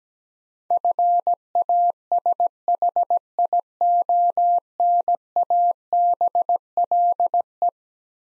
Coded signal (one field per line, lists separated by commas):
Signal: Morse code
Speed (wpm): 17 wpm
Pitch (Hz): 700 Hz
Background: none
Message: FASHIONABLE